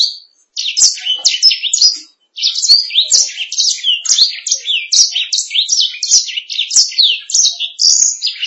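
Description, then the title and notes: Canary song, a fast run of high sweeping chirps and trills with two brief pauses near the start, then continuous and lively. "Suara Burung Kenari"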